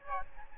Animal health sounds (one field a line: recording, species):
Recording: mosquito wingbeat signal from an infrared sensor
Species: Aedes albopictus